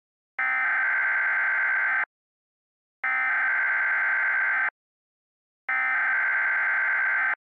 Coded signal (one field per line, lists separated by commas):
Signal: Emergency Alert System (SAME) tones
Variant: header bursts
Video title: [EAS SCENARIO / ANALOG HORROR] - Piercing Freeze